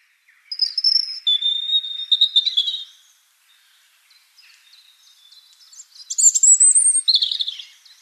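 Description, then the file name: European robin song that opens with clear sustained high whistles, breaks off, then returns with a very high, thin rising phrase and a sweeping flourish. "Erithacus rubecula"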